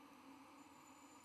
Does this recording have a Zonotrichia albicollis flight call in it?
no